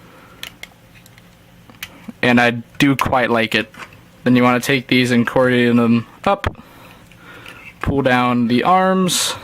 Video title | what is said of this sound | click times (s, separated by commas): Video Review of the Mastermind Creations Reformated R 27 Calidus | for that tab on the side so it solidly locks into place and I | 0.4 s, 0.6 s, 1.8 s